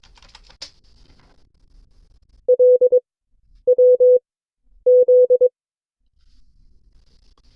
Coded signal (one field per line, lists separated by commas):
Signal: Morse code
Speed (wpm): 22 wpm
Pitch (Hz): 500 Hz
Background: none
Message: L W Z